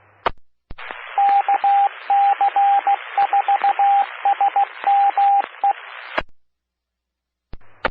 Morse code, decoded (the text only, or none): KC4SME